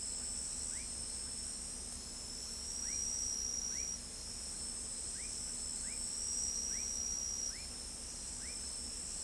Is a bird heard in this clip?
no